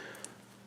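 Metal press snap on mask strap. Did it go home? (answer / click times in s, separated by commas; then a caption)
yes / 0.2 s. The two halves of a metal press snap on the small piece of a mask strap are pressed together. A single short, sharp click sounds at 0.2 seconds over a low background hum as the snap seats into place.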